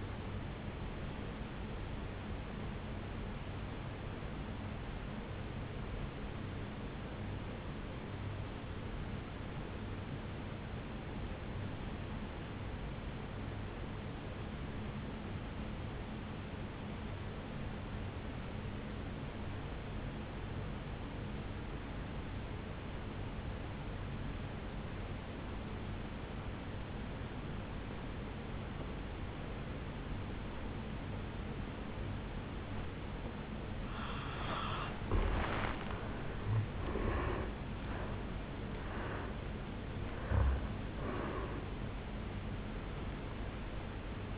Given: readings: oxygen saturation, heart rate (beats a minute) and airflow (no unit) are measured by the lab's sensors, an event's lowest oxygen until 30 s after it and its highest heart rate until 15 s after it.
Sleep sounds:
breathing in sleep by a voice recorder at the bedside; 1
6.00-36.30 s: obstructive apnea (N2, oxygen 96% highest, then 83% lowest, heart rate 57 at the start, 75 highest)
30.00-44.38 s: new sleep stage, N1 (lightest sleep)
From the record:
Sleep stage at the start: N2 (light sleep); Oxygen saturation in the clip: 83 to 96%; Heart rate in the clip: 54 to 75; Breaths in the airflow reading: 3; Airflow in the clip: -10.5 to 8.5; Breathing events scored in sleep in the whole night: 449 in 7.0 hours asleep

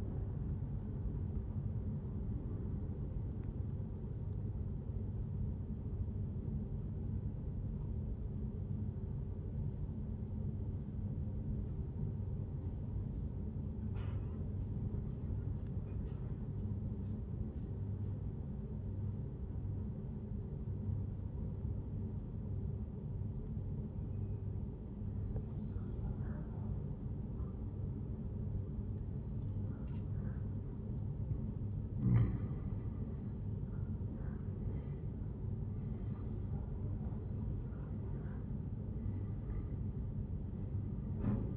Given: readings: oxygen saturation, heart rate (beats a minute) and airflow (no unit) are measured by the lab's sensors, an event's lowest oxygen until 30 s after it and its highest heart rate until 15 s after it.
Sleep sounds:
breathing in sleep by a smartphone at the bedside; 1
6.00-32.20 s: obstructive apnea (N1, oxygen 97% highest, then 89% lowest, heart rate 74 at the start, 86 highest)
10.00-41.57 s: new sleep stage, N2 (light sleep)
From the record:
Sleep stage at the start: N1 (lightest sleep); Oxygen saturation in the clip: 89 to 97%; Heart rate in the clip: 74 to 87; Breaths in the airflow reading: 3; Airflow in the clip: -11.4 to 11.1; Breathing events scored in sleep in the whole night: 131 in 7.2 hours asleep

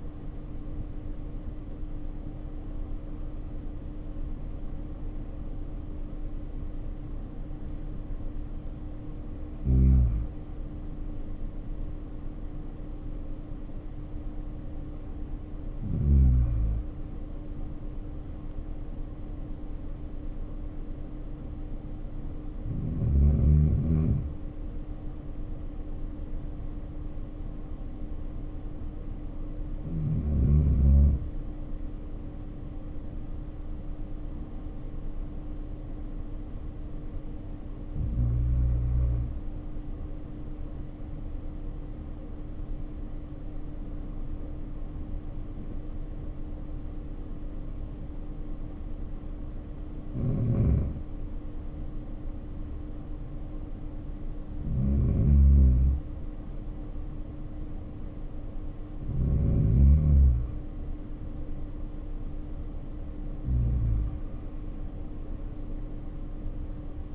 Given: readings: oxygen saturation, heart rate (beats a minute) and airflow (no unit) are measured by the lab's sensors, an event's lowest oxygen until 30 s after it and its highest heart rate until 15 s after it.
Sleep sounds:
breathing in sleep by a smartphone at the bedside; 1
0.00-17.00 s: awake
8.00-50.00 s: hypopnea (scored as awake, oxygen 96% highest, then 89% lowest, heart rate 56 at the start, 62 highest)
13.00-67.15 s: new sleep stage, N1 (lightest sleep)
From the record:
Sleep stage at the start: awake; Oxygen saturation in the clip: 83 to 96%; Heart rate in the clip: 52 to 85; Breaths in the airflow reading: 19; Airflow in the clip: -1.9 to 1.6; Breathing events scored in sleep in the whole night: 520 in 7.2 hours asleep

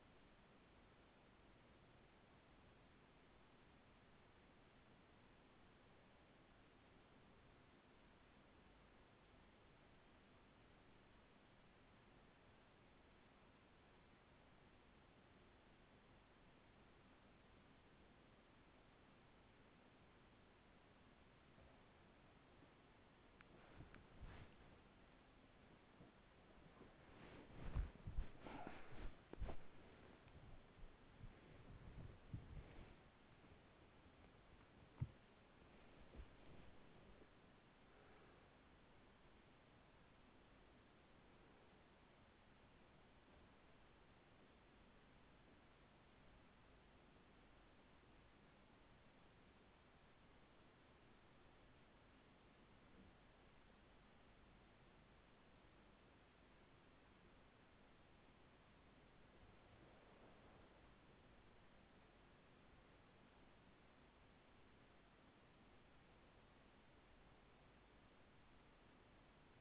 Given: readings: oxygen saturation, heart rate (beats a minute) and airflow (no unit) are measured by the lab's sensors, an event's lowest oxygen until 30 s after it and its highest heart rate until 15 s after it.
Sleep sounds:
breathing in sleep by a voice recorder at the bedside; 2
9.00-27.30 s: hypopnea (N1, oxygen 95% highest, then 92% lowest, heart rate 46 at the start, 68 highest)
23.00-53.00 s: new sleep stage, awake
23.00-60.00 s: awake
46.00-62.00 s: hypopnea (scored as awake, oxygen 97% highest, then 93% lowest, heart rate 50 at the start, 55 highest)
53.00-69.61 s: new sleep stage, N1 (lightest sleep)
From the record:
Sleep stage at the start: N1 (lightest sleep); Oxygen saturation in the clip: 92 to 97%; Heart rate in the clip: 45 to 68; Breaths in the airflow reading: 16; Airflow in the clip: -12.7 to 9.6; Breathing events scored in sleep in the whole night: 207 in 7.6 hours asleep

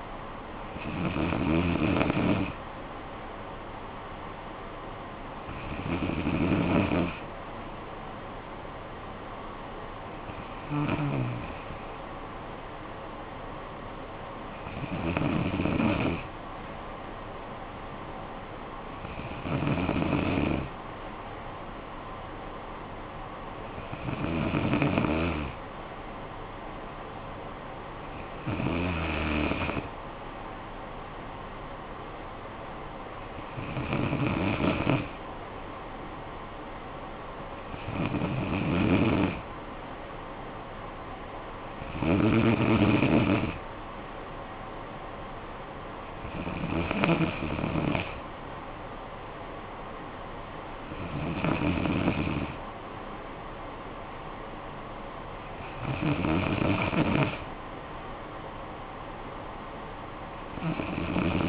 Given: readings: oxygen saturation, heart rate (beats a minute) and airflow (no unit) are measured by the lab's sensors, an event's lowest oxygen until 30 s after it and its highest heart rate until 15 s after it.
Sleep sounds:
breathing in sleep by a voice recorder at the bedside; none
54.00-61.48 s: new sleep stage, N3 (deep sleep)
From the record:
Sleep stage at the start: N2 (light sleep); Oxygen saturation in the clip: 94 to 95%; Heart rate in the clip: 53 to 63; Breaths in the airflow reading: 13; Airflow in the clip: -10.7 to 6.1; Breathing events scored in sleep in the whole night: 445 in 7.6 hours asleep

